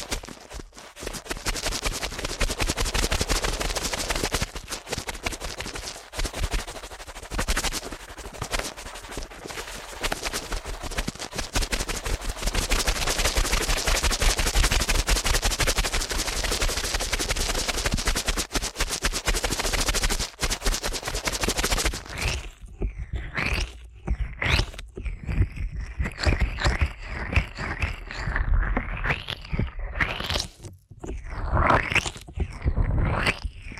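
Ear cleaning sounds: for the first twenty-two seconds, a dense, continuous crackling and scratching that barely lets up. After that it turns sparser, with separate rubbing strokes, rising and falling swishes, and short quiet gaps between them until the end.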